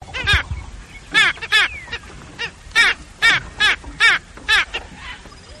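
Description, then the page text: Black skimmer giving several loud, nasal barking calls in short bursts, with quiet gaps and faint background noise between them. Brazil. "Black-Skimmer From Sounds of Brazil"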